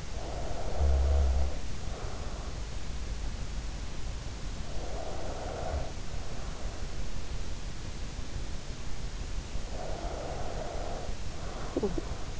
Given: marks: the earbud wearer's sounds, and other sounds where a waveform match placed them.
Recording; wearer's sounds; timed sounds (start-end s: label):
sounds in sleep by an in-ear microphone; snoring breath, breath
0.00-2.61 s: snoring breath
4.57-6.80 s: breath
9.71-12.40 s: breath